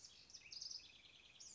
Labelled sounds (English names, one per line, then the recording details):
House Wren
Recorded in Sonoma County, California